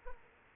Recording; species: mosquito wingbeat signal from an infrared sensor; Aedes aegypti